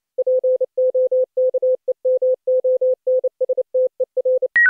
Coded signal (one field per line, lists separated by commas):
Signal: Morse code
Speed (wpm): 28 wpm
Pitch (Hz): 510 Hz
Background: none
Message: POKEMONSTER